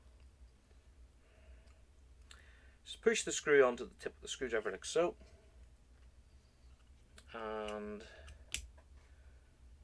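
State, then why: Seated. While assembling the light cluster on a scale Ecto-1 model kit, a plastic light cluster part is pressed home into the scale model car body as someone talks. A single sharp click lands at 8.5 s, confirming the part is seated and has clicked into place.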